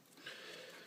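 RAM modules with metal clips on either end are tilted forward into their memory slots on a NeXT Monoturbo computer's logic board. Faint handling noise and a few soft hits are heard, the strongest near 0.3 s. Nothing has seated or clicked into place yet.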